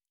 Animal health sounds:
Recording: hydrophone in a shrimp aquaculture tank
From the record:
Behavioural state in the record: normal

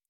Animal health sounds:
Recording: hydrophone in a shrimp aquaculture tank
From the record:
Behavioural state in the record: normal

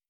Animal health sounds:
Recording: hydrophone in a shrimp aquaculture tank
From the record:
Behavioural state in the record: stressed

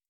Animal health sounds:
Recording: hydrophone in a shrimp aquaculture tank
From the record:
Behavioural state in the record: starved

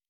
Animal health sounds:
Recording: hydrophone in a shrimp aquaculture tank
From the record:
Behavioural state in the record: normal

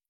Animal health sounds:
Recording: hydrophone in a shrimp aquaculture tank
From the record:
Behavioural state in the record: stressed

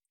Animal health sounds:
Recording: hydrophone in a shrimp aquaculture tank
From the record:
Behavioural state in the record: stressed

